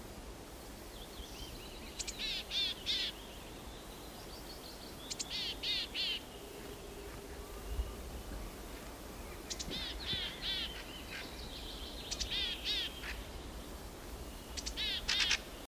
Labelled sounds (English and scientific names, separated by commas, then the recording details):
Grey-headed Chickadee (Poecile cinctus) call
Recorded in the wild
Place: Halbinsel Kindo, Karelien, RU
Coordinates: 66.5514, 33.0906
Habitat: taiga
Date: 1996-06-21
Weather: sunny, 12-15°C
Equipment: Sony WM-D6C, Sennheiser MKH 70, Popschutz
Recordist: Frommolt, Karl-Heinz
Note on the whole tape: Am Mastenweg, Höhe Mast 6, in der Nähe der Biologischen Station der MGU: Rufe bei Nahrungssuche